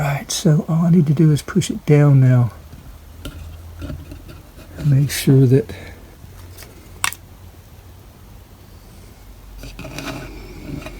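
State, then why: Not seated. A belt-drive part (platter/belt assembly) on a Crosley suitcase record player is handled during a belt replacement, with the part being pushed down toward its slot. Someone talks while short handling knocks and taps are heard, including a sharp hit around 7.0 seconds. Nothing has seated or clicked yet; the part is not yet home in its slot.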